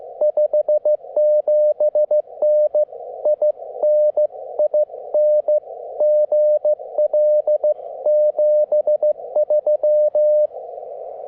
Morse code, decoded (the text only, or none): 57N IN IN GL 73